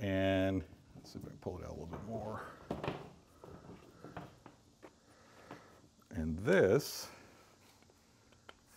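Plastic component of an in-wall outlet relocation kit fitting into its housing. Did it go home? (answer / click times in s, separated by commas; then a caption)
yes / 8.5 s. A plastic part of an in-wall outlet relocation kit is fitted into its housing while someone talks. A few soft handling knocks follow. Then a single sharp snap at 8.5 s shows the part seating in place.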